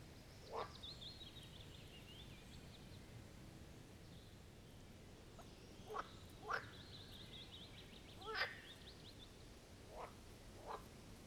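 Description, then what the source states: Marsh frog croaks as short, broad pulsed bursts, single or in quick pairs at irregular intervals, while thin, high bird twittering runs faintly. Chorus of marsh frogs at the Birkensee in Schönbuch, Germany, recorded on one of the first properly hot days of summer 2023.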